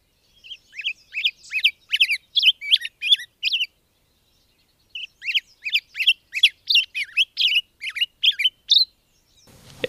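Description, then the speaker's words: Black-headed grosbeak song: two bursts of quick, rich, warbled phrases separated by a short pause. Nicknamed drunken robin; song faster, more fruity and wilder than American robin, with pause notes; common in willow and alder patches around wetlands, present until about September. "And the other one, the close to the American robin, is the black-headed grosbeak, also called the drunken robin."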